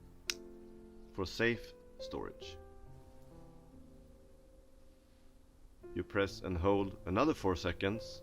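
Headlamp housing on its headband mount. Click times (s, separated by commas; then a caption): 0.3 s. A plastic Petzl Bindi headlamp housing is flipped around on its headband mount and clicks into its reversed storage position with a sharp, short click at 0.3 s. Background music plays, and someone talks afterward.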